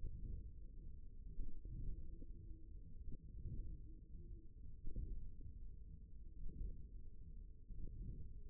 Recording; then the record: forearm muscle sounds (acoustic myography)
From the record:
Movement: hook grip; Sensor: system 1, eight BSWA MPA416 microphones around the upper forearm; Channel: 2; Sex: male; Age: 54 years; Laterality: right